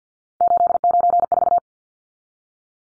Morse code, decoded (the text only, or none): 894